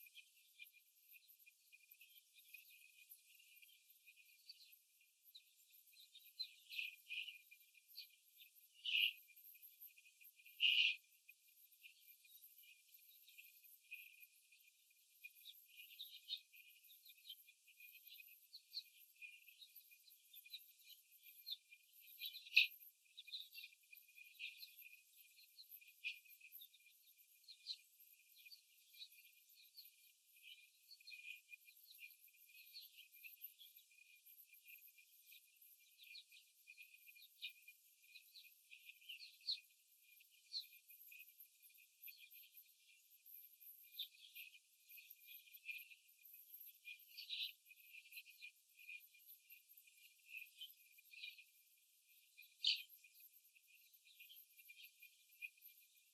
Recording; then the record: young laying hens in a cage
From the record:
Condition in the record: after the stressor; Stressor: simulated dog barking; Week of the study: 3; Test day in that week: 2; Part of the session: 3